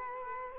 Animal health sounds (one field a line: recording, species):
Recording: mosquito wingbeat signal from an infrared sensor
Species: Culex quinquefasciatus